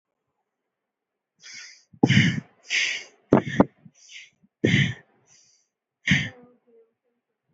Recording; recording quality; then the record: shallow breathing; excellent, no background noise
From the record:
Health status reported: healthy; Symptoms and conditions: none ticked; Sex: male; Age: 26 years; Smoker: not ticked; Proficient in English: yes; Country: India